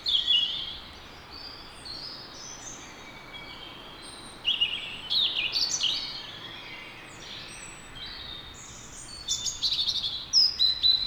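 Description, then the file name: European robin song: thin, high whistled notes and sliding trilled phrases, varied and spaced by short pauses, over a faint steady hiss. "Erithacus rubecula"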